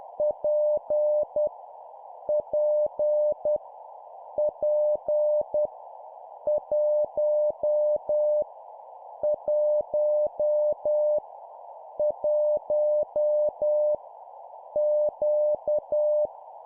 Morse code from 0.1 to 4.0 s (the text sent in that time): P P